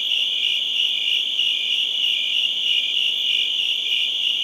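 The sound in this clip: Crickets trill in an unbroken shrill chorus, the fast pulses merging into a bright continuous ring.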